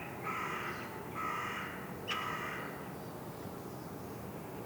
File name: Corvus corone